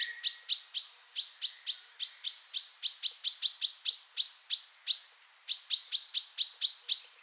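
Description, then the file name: Common chaffinch calls: sharp, high 'pink' notes given over and over, several per second, with brief pauses between bursts. "Fringilla coelebs"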